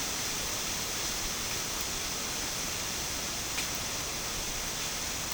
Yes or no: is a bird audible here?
no